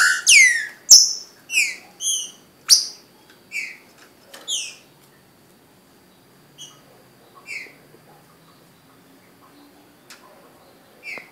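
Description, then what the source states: Green-winged saltator song: loud clear whistled notes sliding downward, delivered in a quick opening burst, then spaced single notes fading over the following seconds. Brazil.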